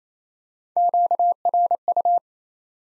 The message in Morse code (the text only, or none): QRU